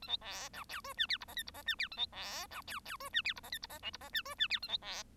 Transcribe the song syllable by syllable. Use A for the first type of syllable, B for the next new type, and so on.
A B C D E F G H I J K I J G H A B C D E E F G H I J K I J L I J G F G H A B C